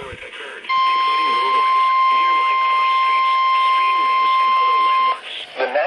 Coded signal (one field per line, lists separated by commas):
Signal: Emergency Alert System (SAME) tones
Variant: 1050 Hz attention tone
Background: speech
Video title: THE WRATH OF BUNCHA FLUDDZ... EAS Alerts from 5/18/18 - 5/19/18 (EAS #1,028 - 1,069)